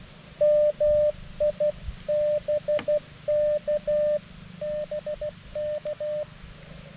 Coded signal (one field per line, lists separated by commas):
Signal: Morse code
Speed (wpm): 17 wpm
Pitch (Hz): 590 Hz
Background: none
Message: MI BK BK